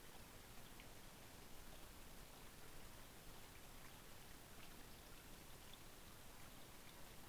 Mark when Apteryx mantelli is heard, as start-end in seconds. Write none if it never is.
none